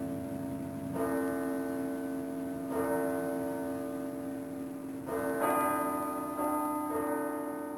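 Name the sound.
clock striking twelve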